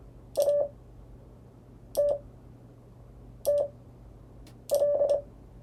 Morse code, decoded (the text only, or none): ATTL